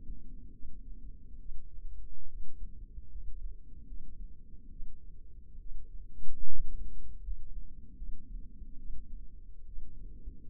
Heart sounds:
heart sounds by microphone in the left ear; 72 bpm
0.52 s: heartbeat
1.39 s: heartbeat
2.28 s: heartbeat
3.10 s: heartbeat
3.86 s: heartbeat
4.70 s: heartbeat
5.59 s: heartbeat
6.46 s: heartbeat
7.22 s: heartbeat
7.96 s: heartbeat
8.78 s: heartbeat
9.66 s: heartbeat
10.47 s: heartbeat
From the record:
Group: healthy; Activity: rest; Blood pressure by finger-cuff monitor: 128/65 mmHg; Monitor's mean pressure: 81 mmHg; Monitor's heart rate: 72 bpm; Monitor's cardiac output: 7 L/min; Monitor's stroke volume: 96 mL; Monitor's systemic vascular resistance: 830 dyn s/cm5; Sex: female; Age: 22 years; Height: 160 cm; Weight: 63 kg

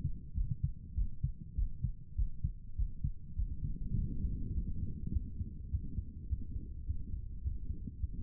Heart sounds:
heart sounds by stethoscope; 102 bpm
0.34 s: heartbeat
0.94 s: heartbeat
1.55 s: heartbeat
2.15 s: heartbeat
2.75 s: heartbeat
3.35 s: heartbeat
3.95 s: heartbeat
4.54 s: heartbeat
5.12 s: heartbeat
5.70 s: heartbeat
6.28 s: heartbeat
6.85 s: heartbeat
7.42 s: heartbeat
7.98 s: heartbeat
From the record:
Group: healthy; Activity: Valsalva maneuver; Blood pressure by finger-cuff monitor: 109/72 mmHg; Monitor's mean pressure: 82 mmHg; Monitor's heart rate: 101 bpm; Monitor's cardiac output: 7.9 L/min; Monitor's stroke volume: 79 mL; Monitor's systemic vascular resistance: 750 dyn s/cm5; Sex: male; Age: 19 years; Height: 178 cm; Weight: 83 kg

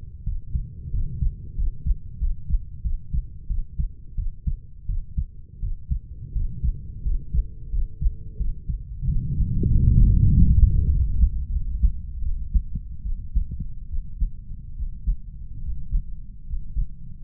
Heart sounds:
heart sounds by stethoscope; 85 bpm
0.24 s: heartbeat
0.91 s: heartbeat
1.55 s: heartbeat
2.19 s: heartbeat
2.82 s: heartbeat
3.47 s: heartbeat
4.15 s: heartbeat
4.86 s: heartbeat
5.60 s: heartbeat
6.33 s: heartbeat
7.03 s: heartbeat
7.70 s: heartbeat
8.37 s: heartbeat
9.05 s: heartbeat
9.68 s: heartbeat
10.30 s: heartbeat
10.90 s: heartbeat
11.51 s: heartbeat
12.23 s: heartbeat
13.04 s: heartbeat
13.89 s: heartbeat
14.76 s: heartbeat
15.63 s: heartbeat
16.47 s: heartbeat
From the record:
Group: healthy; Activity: rest 0-7 s, Valsalva maneuver 7-17 s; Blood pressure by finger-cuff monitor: 112/43 mmHg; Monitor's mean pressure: 66 mmHg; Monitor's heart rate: 85 bpm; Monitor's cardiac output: 10.8 L/min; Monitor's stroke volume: 127 mL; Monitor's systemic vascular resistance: 410 dyn s/cm5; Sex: female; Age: 32 years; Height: 168 cm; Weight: 61.9 kg

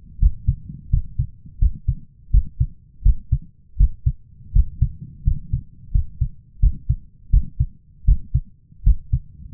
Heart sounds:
heart sounds by stethoscope; 83 bpm
0.19 s: heartbeat
0.90 s: heartbeat
1.59 s: heartbeat
2.31 s: heartbeat
3.02 s: heartbeat
3.77 s: heartbeat
4.52 s: heartbeat
5.24 s: heartbeat
5.91 s: heartbeat
6.60 s: heartbeat
7.30 s: heartbeat
8.05 s: heartbeat
8.83 s: heartbeat
From the record:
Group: healthy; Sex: male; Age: 23 years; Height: 179 cm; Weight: 87 kg

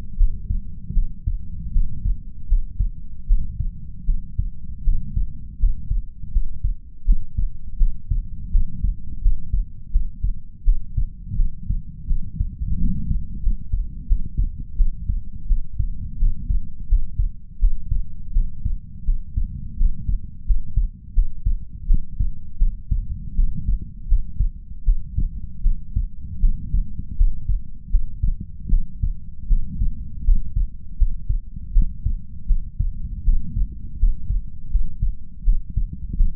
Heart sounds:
heart sounds by stethoscope; 82 bpm
0.15 s: heartbeat
0.92 s: heartbeat
1.71 s: heartbeat
2.46 s: heartbeat
3.25 s: heartbeat
4.04 s: heartbeat
4.82 s: heartbeat
5.58 s: heartbeat
6.30 s: heartbeat
7.03 s: heartbeat
7.76 s: heartbeat
8.50 s: heartbeat
9.20 s: heartbeat
9.90 s: heartbeat
10.62 s: heartbeat
11.35 s: heartbeat
12.06 s: heartbeat
12.77 s: heartbeat
13.41 s: heartbeat
14.06 s: heartbeat
14.75 s: heartbeat
15.46 s: heartbeat
16.17 s: heartbeat
16.87 s: heartbeat
17.58 s: heartbeat
18.31 s: heartbeat
19.04 s: heartbeat
19.76 s: heartbeat
20.44 s: heartbeat
21.12 s: heartbeat
21.85 s: heartbeat
22.57 s: heartbeat
23.34 s: heartbeat
24.06 s: heartbeat
24.83 s: heartbeat
25.61 s: heartbeat
26.39 s: heartbeat
27.15 s: heartbeat
27.89 s: heartbeat
28.68 s: heartbeat
29.47 s: heartbeat
30.23 s: heartbeat
30.96 s: heartbeat
31.71 s: heartbeat
32.46 s: heartbeat
33.23 s: heartbeat
33.97 s: heartbeat
34.69 s: heartbeat
35.43 s: heartbeat
36.15 s: heartbeat
From the record:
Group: healthy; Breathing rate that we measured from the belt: 17 breaths a minute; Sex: female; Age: 26 years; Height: 165 cm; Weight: 55 kg

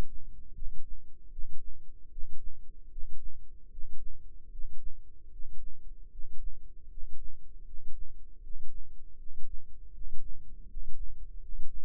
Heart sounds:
heart sounds by microphone in the left ear; 77 bpm
0.53 s: heartbeat
1.30 s: heartbeat
2.09 s: heartbeat
2.89 s: heartbeat
3.69 s: heartbeat
4.49 s: heartbeat
5.29 s: heartbeat
6.09 s: heartbeat
6.88 s: heartbeat
7.64 s: heartbeat
8.41 s: heartbeat
9.16 s: heartbeat
9.91 s: heartbeat
10.66 s: heartbeat
11.38 s: heartbeat
From the record:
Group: healthy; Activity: rest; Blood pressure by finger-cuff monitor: 86/49 mmHg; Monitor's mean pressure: 61 mmHg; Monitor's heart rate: 75 bpm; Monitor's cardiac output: 8 L/min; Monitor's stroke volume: 101 mL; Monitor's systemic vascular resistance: 560 dyn s/cm5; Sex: male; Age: 35 years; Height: 180 cm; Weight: 86.9 kg

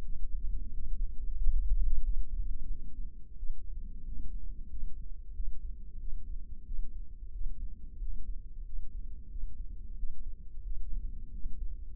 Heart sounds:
heart sounds by microphone in the left ear; 91 bpm
0.07 s: heartbeat
0.74 s: heartbeat
1.39 s: heartbeat
2.04 s: heartbeat
2.70 s: heartbeat
3.38 s: heartbeat
4.06 s: heartbeat
4.71 s: heartbeat
5.36 s: heartbeat
6.01 s: heartbeat
6.67 s: heartbeat
7.34 s: heartbeat
8.01 s: heartbeat
8.66 s: heartbeat
9.31 s: heartbeat
9.98 s: heartbeat
10.65 s: heartbeat
11.33 s: heartbeat
From the record:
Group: healthy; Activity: rest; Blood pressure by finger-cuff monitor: 139/86 mmHg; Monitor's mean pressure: 105 mmHg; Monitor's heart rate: 91 bpm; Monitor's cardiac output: 7.6 L/min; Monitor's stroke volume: 84 mL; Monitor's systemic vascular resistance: 1020 dyn s/cm5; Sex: male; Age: 21 years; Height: 175 cm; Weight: 72.6 kg

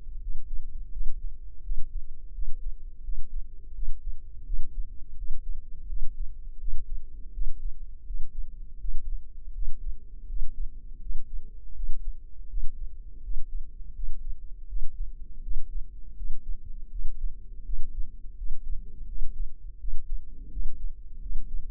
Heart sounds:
heart sounds by microphone in the left ear; 83 bpm
0.20 s: heartbeat
0.91 s: heartbeat
1.61 s: heartbeat
2.32 s: heartbeat
3.02 s: heartbeat
3.73 s: heartbeat
4.44 s: heartbeat
5.15 s: heartbeat
5.87 s: heartbeat
6.58 s: heartbeat
7.32 s: heartbeat
8.05 s: heartbeat
8.79 s: heartbeat
9.52 s: heartbeat
10.27 s: heartbeat
11.00 s: heartbeat
11.74 s: heartbeat
12.47 s: heartbeat
13.21 s: heartbeat
13.93 s: heartbeat
14.66 s: heartbeat
15.41 s: heartbeat
16.15 s: heartbeat
16.89 s: heartbeat
17.63 s: heartbeat
18.36 s: heartbeat
19.06 s: heartbeat
19.78 s: heartbeat
20.50 s: heartbeat
21.20 s: heartbeat
From the record:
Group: healthy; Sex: male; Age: 57 years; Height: 188 cm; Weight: 106 kg

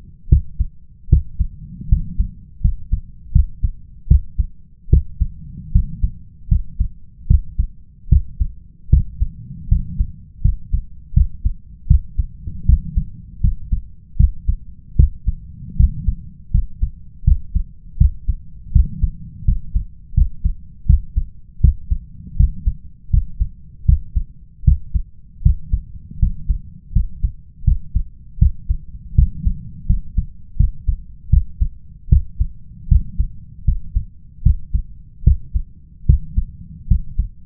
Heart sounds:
heart sounds by stethoscope; 79 bpm
0.28 s: heartbeat
1.08 s: heartbeat
1.88 s: heartbeat
2.61 s: heartbeat
3.31 s: heartbeat
4.07 s: heartbeat
4.89 s: heartbeat
5.71 s: heartbeat
6.48 s: heartbeat
7.26 s: heartbeat
8.08 s: heartbeat
8.89 s: heartbeat
9.68 s: heartbeat
10.41 s: heartbeat
11.13 s: heartbeat
11.86 s: heartbeat
12.65 s: heartbeat
13.40 s: heartbeat
14.16 s: heartbeat
14.95 s: heartbeat
15.76 s: heartbeat
16.50 s: heartbeat
17.23 s: heartbeat
17.97 s: heartbeat
18.71 s: heartbeat
19.44 s: heartbeat
20.13 s: heartbeat
20.85 s: heartbeat
21.60 s: heartbeat
22.36 s: heartbeat
23.09 s: heartbeat
23.85 s: heartbeat
24.63 s: heartbeat
25.41 s: heartbeat
26.18 s: heartbeat
26.92 s: heartbeat
27.63 s: heartbeat
28.38 s: heartbeat
29.14 s: heartbeat
29.86 s: heartbeat
30.56 s: heartbeat
31.29 s: heartbeat
32.08 s: heartbeat
32.87 s: heartbeat
33.64 s: heartbeat
34.42 s: heartbeat
35.23 s: heartbeat
36.05 s: heartbeat
36.87 s: heartbeat
From the record:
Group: healthy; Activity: cold pressor test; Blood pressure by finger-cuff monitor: 143/86 mmHg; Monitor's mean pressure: 105 mmHg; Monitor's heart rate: 79 bpm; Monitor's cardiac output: 6.5 L/min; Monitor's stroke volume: 82 mL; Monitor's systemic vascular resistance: 1220 dyn s/cm5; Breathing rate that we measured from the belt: 18 breaths a minute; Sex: male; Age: 21 years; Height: 180 cm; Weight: 67.5 kg

